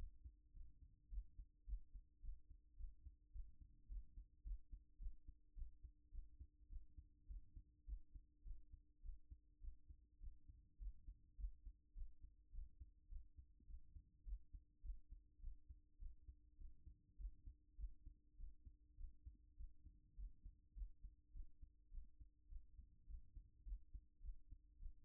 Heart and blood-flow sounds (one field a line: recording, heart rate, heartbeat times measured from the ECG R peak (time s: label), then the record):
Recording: heart sounds by stethoscope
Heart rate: 104 bpm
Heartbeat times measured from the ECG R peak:
0.52 s: heartbeat
1.09 s: heartbeat
1.65 s: heartbeat
2.20 s: heartbeat
2.76 s: heartbeat
3.31 s: heartbeat
3.87 s: heartbeat
4.43 s: heartbeat
4.98 s: heartbeat
5.54 s: heartbeat
6.10 s: heartbeat
6.68 s: heartbeat
7.26 s: heartbeat
7.85 s: heartbeat
8.43 s: heartbeat
9.01 s: heartbeat
9.60 s: heartbeat
10.19 s: heartbeat
10.77 s: heartbeat
11.36 s: heartbeat
11.93 s: heartbeat
12.51 s: heartbeat
13.08 s: heartbeat
13.66 s: heartbeat
14.24 s: heartbeat
14.81 s: heartbeat
15.39 s: heartbeat
15.98 s: heartbeat
16.57 s: heartbeat
17.16 s: heartbeat
17.76 s: heartbeat
18.36 s: heartbeat
18.96 s: heartbeat
19.55 s: heartbeat
20.15 s: heartbeat
20.73 s: heartbeat
21.32 s: heartbeat
21.90 s: heartbeat
22.48 s: heartbeat
23.06 s: heartbeat
23.63 s: heartbeat
24.21 s: heartbeat
24.78 s: heartbeat
From the record:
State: after exercise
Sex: female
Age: 24 years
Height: 178 cm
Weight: 71 kg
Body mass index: 22.41